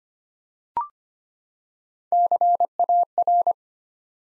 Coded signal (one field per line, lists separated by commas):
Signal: Morse code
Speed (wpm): 25 wpm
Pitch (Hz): 700 Hz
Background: none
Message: CAR